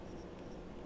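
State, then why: Not seated. A Goldstrike Twinart side grill LED light piece for the right side is handled and pressed toward the plastic fairing grill of a 2018+ Honda Goldwing motorcycle. Only a steady, low, rustling handling noise is heard, with no sharp snap. Nothing has seated or clicked yet.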